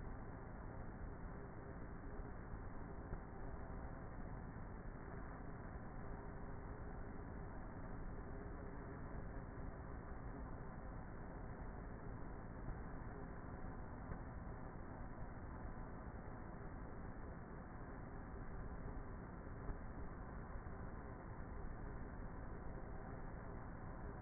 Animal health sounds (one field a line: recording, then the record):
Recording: honeybee colony, microphone inside the hive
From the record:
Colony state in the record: queenless with a low population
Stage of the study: before two queens were removed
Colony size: about 30,000 bees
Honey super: no